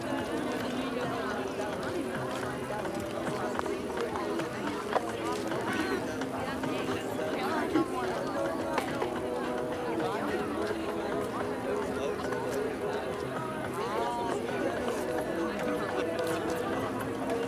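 Hundreds of people go about their activities on the Tempelhofer Freiheit in Berlin, a dense, steady wash of overlapping voices and chatter. The level stays even throughout, with a few brief sharper sounds near five, eight and nine seconds, and a faint low rumble underneath.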